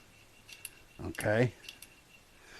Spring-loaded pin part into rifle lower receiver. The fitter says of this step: and it snaps right in place